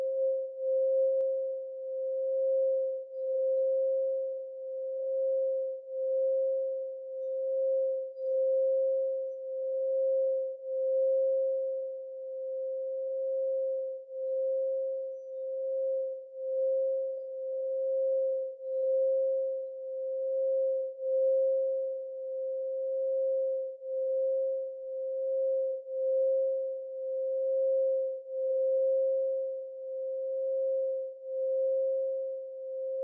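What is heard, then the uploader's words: An antique Himalayan Mani singing bowl sustains one pure, mid-pitched tone from start to finish, with no new strike or break. The volume wavers in a steady pulsing wobble, swelling and dipping roughly once a second, with nothing else heard. 528 Hz Singing bowl sound meditation with an antique Himalayan Mani bowl.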